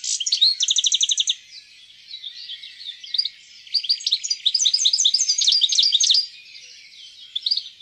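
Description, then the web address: European goldfinch singing, opening with a quick run of evenly repeated ringing notes, then a softer chattering patch before lively, jumbled liquid twittering. "fuglelyder- stilits"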